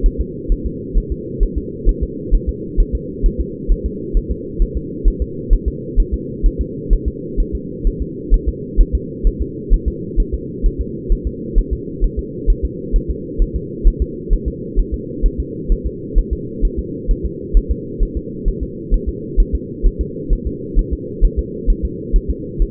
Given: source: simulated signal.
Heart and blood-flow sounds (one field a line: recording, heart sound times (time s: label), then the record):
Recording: fetal heart sounds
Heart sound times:
0.06 s: S1
0.21 s: S2
0.52 s: S1
0.67 s: S2
0.97 s: S1
1.12 s: S2
1.43 s: S1
1.58 s: S2
1.89 s: S1
2.03 s: S2
2.34 s: S1
2.49 s: S2
2.80 s: S1
2.95 s: S2
3.26 s: S1
3.41 s: S2
3.72 s: S1
3.86 s: S2
4.17 s: S1
4.31 s: S2
4.62 s: S1
4.77 s: S2
5.08 s: S1
5.22 s: S2
5.53 s: S1
5.68 s: S2
6.00 s: S1
6.14 s: S2
6.46 s: S1
6.61 s: S2
6.93 s: S1
7.08 s: S2
7.40 s: S1
7.55 s: S2
7.87 s: S1
8.02 s: S2
8.34 s: S1
8.49 s: S2
8.81 s: S1
8.95 s: S2
9.27 s: S1
9.42 s: S2
9.74 s: S1
9.88 s: S2
10.20 s: S1
10.34 s: S2
10.66 s: S1
10.81 s: S2
11.12 s: S1
11.27 s: S2
11.58 s: S1
11.73 s: S2
12.04 s: S1
12.19 s: S2
12.50 s: S1
12.65 s: S2
12.96 s: S1
13.11 s: S2
13.42 s: S1
13.56 s: S2
13.88 s: S1
14.02 s: S2
14.33 s: S1
14.48 s: S2
14.79 s: S1
14.94 s: S2
15.26 s: S1
15.40 s: S2
15.72 s: S1
15.87 s: S2
16.19 s: S1
16.33 s: S2
16.65 s: S1
16.79 s: S2
17.11 s: S1
17.26 s: S2
17.57 s: S1
17.72 s: S2
18.03 s: S1
18.17 s: S2
18.48 s: S1
18.63 s: S2
18.94 s: S1
19.09 s: S2
19.40 s: S1
19.55 s: S2
19.86 s: S1
20.01 s: S2
20.33 s: S1
20.47 s: S2
20.79 s: S1
20.93 s: S2
21.25 s: S1
21.39 s: S2
21.70 s: S1
21.85 s: S2
22.16 s: S1
22.31 s: S2
22.62 s: S1
From the record:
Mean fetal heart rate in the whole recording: 130 bpm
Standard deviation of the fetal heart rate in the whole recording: 2 bpm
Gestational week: 38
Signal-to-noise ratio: -4.1 dB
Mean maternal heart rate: no maternal heart sound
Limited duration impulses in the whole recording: absent